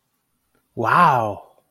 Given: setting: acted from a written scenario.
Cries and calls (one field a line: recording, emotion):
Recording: vocal sound without words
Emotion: adoration